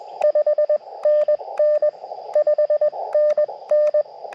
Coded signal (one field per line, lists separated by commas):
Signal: Morse code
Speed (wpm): 20 wpm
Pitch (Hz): 600 Hz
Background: radio noise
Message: 5NN 5NN